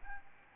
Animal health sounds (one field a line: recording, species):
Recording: mosquito wingbeat signal from an infrared sensor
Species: Aedes albopictus